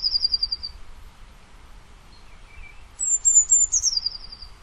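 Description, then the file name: Eurasian blue tit calling, high thin notes dropping into a fast rattling trill; the tail of one call opens, then a full call follows after a short gap, soft background hum. "Cyanistes caeruleus"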